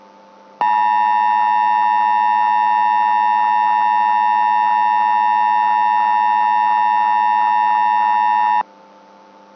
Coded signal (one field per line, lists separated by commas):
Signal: Emergency Alert System (SAME) tones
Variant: 853 and 960 Hz attention tone